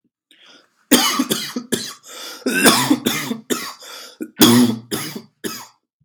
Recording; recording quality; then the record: heavy voluntary cough; excellent, no background noise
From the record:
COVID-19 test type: RT-PCR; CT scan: not taken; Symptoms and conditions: cough, cold, breathing difficulty, sore throat, loss of smell and taste, asthma, hypertension, diabetes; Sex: male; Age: 23 years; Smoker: no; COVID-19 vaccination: both doses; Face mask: not worn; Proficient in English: yes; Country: India